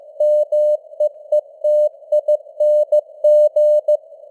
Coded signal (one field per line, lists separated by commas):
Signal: Morse code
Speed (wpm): 15 wpm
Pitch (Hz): 600 Hz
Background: none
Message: MEETING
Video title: Morse Code News | 2025-10-27 | 15wpm